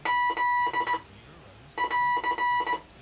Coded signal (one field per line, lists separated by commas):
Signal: Morse code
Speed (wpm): 17 wpm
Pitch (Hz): 980 Hz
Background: none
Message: Z <AR>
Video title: MORSE CODE OVER THE OCEAN